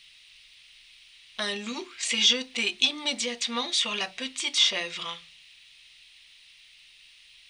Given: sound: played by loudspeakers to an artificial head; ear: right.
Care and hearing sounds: speech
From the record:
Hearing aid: class 2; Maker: A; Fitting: closed earmoulds, the maker's default for a moderate loss (N3)

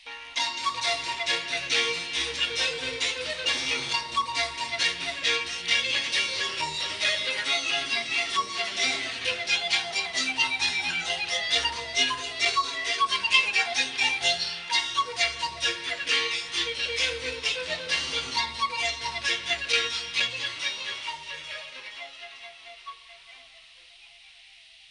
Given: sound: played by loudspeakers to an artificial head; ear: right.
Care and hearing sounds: music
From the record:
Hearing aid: class 2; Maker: A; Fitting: closed earmoulds, the maker's default for a moderate loss (N3)

